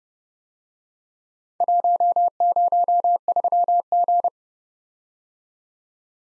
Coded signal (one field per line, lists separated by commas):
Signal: Morse code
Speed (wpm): 34 wpm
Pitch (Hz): 700 Hz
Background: none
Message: 103G